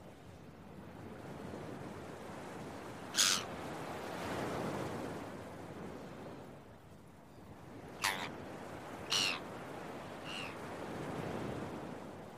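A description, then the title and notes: Beach waves wash in a steady swelling hiss while seagulls cry out in short bursts around three, eight, nine and ten seconds. Early Morning Seagulls and Beach Waves.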